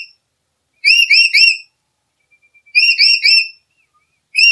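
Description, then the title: Black-capped lory calls: two bursts of three rapid, bright whistled notes about two seconds apart, with another burst beginning at the end. "Nuri kepala hitam"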